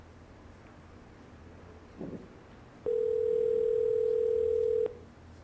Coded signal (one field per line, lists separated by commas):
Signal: telephone call progress tone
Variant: North America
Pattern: ringback tone